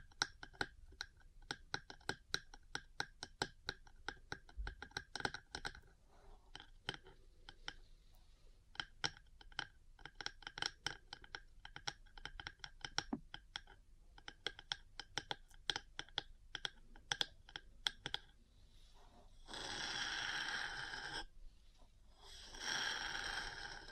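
Metal parts tap in quick, uneven clusters of sharp, bright clicks, much like fast typing, through most of the recording, with brief pauses near 6 and 18 seconds. Around 19 to 21 seconds and again near 22 seconds, the tapping gives way to dense, hissing metal scratching.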